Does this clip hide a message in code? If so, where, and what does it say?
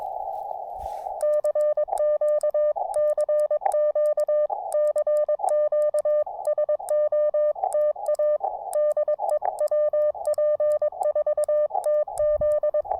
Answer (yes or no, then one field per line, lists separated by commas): yes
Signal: Morse code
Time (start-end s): 1.2-12.8 s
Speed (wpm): 22 wpm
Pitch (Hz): 600 Hz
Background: none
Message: CQ CQ CQ SOTA DE WP4TZ